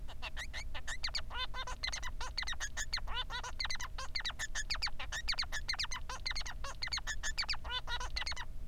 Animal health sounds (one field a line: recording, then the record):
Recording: song of a male Bengalese finch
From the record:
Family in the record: son of father 3